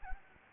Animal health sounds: mosquito wingbeat signal from an infrared sensor; Anopheles gambiae

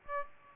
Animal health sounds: mosquito wingbeat signal from an infrared sensor; Aedes aegypti

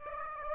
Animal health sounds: mosquito wingbeat signal from an infrared sensor; Aedes aegypti

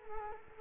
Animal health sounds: mosquito wingbeat signal from an infrared sensor; Culex quinquefasciatus

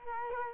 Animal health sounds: mosquito wingbeat signal from an infrared sensor; Culex quinquefasciatus

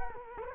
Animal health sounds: mosquito wingbeat signal from an infrared sensor; Culex quinquefasciatus

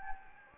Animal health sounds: mosquito wingbeat signal from an infrared sensor; Anopheles gambiae

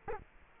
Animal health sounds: mosquito wingbeat signal from an infrared sensor; Culex quinquefasciatus

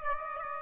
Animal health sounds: mosquito wingbeat signal from an infrared sensor; Aedes aegypti

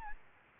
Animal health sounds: mosquito wingbeat signal from an infrared sensor; Aedes albopictus

